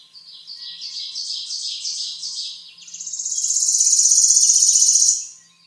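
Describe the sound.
Bird song: quick high chirping notes for three seconds, then a swelling, piercing buzzy trill held for over two seconds.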